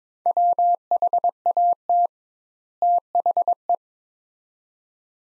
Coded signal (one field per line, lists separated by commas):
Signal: Morse code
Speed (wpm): 22 wpm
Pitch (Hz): 700 Hz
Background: none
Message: WHAT THE